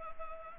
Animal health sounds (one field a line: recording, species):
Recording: mosquito wingbeat signal from an infrared sensor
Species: Anopheles gambiae